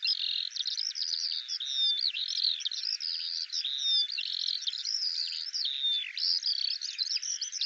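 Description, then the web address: Eurasian skylark singing a dense, nonstop high warble of fluttering notes and short whistled slides. "Deverinetal 2025 File cleaned normalized Bird Al Ar"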